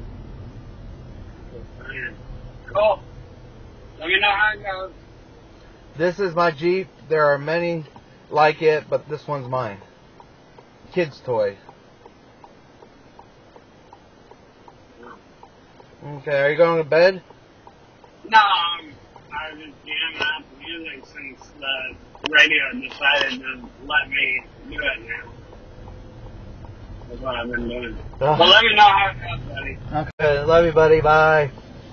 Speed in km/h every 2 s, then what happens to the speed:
24, 15, 8, 0, 0, 0, 0, 0, 0, 0, 5, 8, 15, 24, 23, 21.
0-6 brakes to 0. 6-19 standing. 19-26 pulls away to 24. 26-32 steady at about 23.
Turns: 28-32.